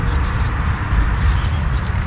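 A rear brake pad wear sensor for a 2012-2016 BMW F30 328i is handled and pressed toward the rear brake pad, with its nub on the inside of the pad. Only a steady broadband hiss with low rumble is heard, with no sharp transients. Nothing has snapped or seated yet.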